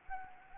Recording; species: mosquito wingbeat signal from an infrared sensor; Anopheles gambiae